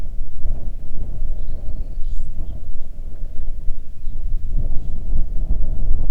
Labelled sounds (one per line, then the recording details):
bird
wind
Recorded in the Arctic National Wildlife Refuge, Alaska, on 3 June 2019 at 05:19
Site 37